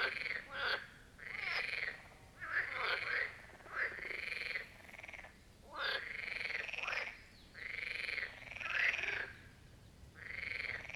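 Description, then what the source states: Marsh frogs croaking in repeated rattling bursts about a second long, several callers overlapping in a steady chorus. Chorus of marsh frogs at the Birkensee, Schönbuch, Germany; recorded on one of the first hot summer days of 2023.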